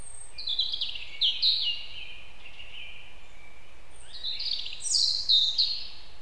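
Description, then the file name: European robin song: two bursts of high, thin warbled phrases with sweeping notes, separated by a pause, over a steady low background hiss. "Erithacus rubecula"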